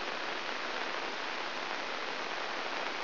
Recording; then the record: brain microelectrode recording played as sound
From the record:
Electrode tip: inside the subthalamic nucleus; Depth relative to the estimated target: 2 mm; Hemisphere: left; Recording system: AlphaMap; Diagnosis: Parkinson's disease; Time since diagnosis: 12 years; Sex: female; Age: 56 years